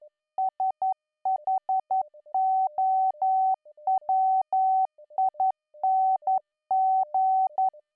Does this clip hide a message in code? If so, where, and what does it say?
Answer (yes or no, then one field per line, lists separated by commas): yes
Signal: Morse code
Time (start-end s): 0.4-7.7 s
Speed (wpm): 11 wpm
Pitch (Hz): 760 Hz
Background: music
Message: SHOWING